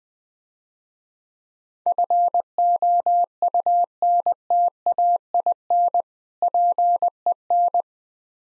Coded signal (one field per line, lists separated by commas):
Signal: Morse code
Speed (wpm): 20 wpm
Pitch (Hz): 700 Hz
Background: none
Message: FOUNTAIN PEN